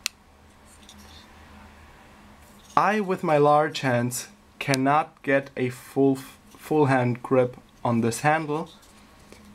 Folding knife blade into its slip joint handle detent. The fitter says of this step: it does click into place